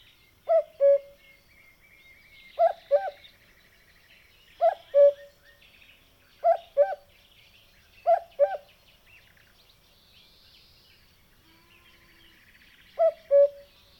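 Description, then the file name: Cuckoo calling its two-note falling cu-coo six times, with faint chirps from other birds in the background. "minutes of cuckoos"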